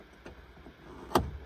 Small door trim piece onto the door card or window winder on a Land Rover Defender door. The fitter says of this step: and Clicks in place